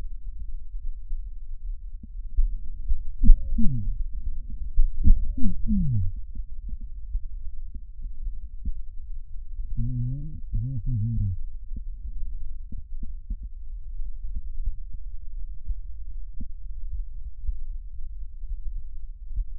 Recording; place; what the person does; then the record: lung sounds by stethoscope; right anterior apical chest; quiet breathing, then cough and speech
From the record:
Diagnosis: interstitial lung disease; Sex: male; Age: 66 years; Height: 164 cm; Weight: 76.2 kg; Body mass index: 28.3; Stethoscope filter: bell mode